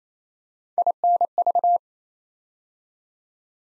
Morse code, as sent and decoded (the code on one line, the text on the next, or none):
.. -. ...-
INV